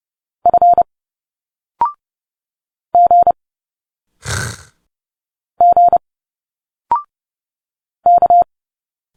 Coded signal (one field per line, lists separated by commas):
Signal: Morse code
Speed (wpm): 30 wpm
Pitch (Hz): 700 Hz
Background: none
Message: F G G K